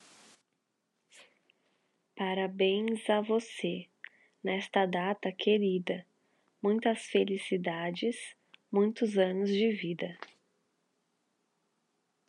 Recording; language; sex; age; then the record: short text; Brazilian Portuguese; female; 20 to 29 years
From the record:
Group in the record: control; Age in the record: 26 years